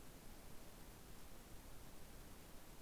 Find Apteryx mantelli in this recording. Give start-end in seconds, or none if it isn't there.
none